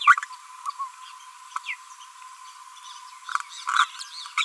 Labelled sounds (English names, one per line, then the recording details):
Green-rumped Parrotlet babbling
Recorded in a nest box in Venezuela
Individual 18B25A5